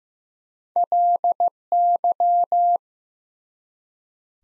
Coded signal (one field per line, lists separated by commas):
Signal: Morse code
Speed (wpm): 15 wpm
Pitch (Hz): 700 Hz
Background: none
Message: LY